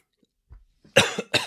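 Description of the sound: Two harsh coughs in quick succession from an adult who tested positive for COVID-19, on the second day of self-isolation, with a sore throat from talking, runny nose and loss of taste.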